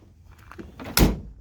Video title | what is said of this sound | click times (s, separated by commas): 2021 Ford Ranger 3 Month Walkaround Review. What I Like and Don't Like and Why I Might Sell It Back! | gotta give it a decent thunk for it to actually latch | 1.0 s